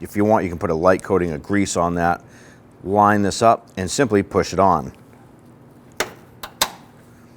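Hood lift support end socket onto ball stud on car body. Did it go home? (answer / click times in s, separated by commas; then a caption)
yes / 6.6 s. Someone talks as the clip-equipped socket end of a gas hood lift support on a 2008-2013 Infiniti G37 is lined up with the metal ball stud on the car body and pushed on by hand. Sharp clicks sound at 6.0 s and 6.4 s, then a loud snap at 6.6 s as the socket seats onto the ball stud.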